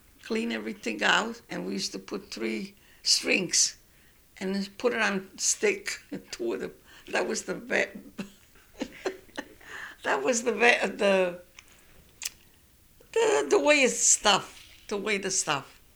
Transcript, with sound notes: clean everything out, and we used to put three strings, and then put it on a stick, the two of them. And that was the ve-- ( she laughs ) that was the ve-- the weigh it stuff, to weigh the stuff.